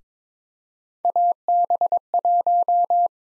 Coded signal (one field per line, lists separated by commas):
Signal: Morse code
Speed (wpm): 22 wpm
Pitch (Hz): 700 Hz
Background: none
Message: AB1